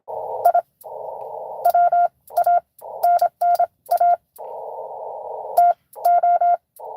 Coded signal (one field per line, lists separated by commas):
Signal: Morse code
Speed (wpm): 25 wpm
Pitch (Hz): 700 Hz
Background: radio noise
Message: I WANNA TO